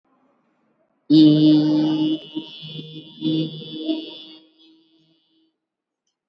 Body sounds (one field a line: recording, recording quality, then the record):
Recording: sustained vowel as in beet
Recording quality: excellent, no background noise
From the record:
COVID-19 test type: RT-PCR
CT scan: not taken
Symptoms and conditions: cough, hypertension, diabetes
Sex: female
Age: 53 years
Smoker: no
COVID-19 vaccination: one dose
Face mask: not worn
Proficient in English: yes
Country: India